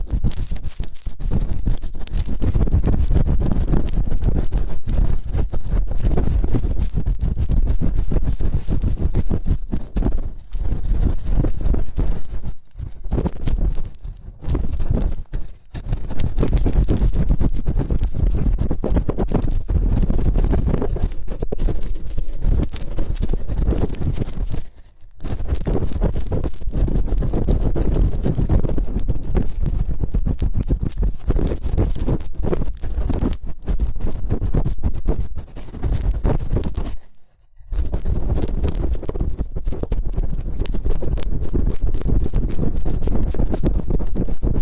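Ear cleaning massage: dense, continuous rubbing and scraping with a heavy, muffled low rumble and a rough, textured top. The friction barely lets up, broken only by brief silences near 13, 15, 25 and 37 seconds before the strokes resume.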